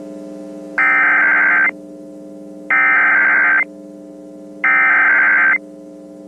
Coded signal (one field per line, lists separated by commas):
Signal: Emergency Alert System (SAME) tones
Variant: header bursts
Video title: 50 States, 50 Alerts II (2K Subscriber Special)